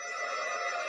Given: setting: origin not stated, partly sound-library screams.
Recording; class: one-second piece from a danger detection set; woman in danger